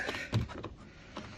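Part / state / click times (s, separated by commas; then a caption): sliding lever mechanism in car exterior door handle carrier / not seated / none. On a 2018 Audi Q7, the sliding part inside an exterior door handle carrier is handled, with the release lever pulled up so the part can be pushed forward. Short knocks and taps of handling are heard, the loudest near 0.3 s and fainter ones around 0.6 s and 1.2 s. Nothing has clicked or seated yet; the lever is not yet locked upright for refitting the handle.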